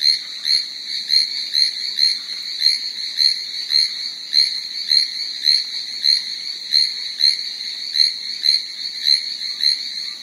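Chinese tree frog calling in a quick series of high, tinny ringing notes, steady throughout with little else heard.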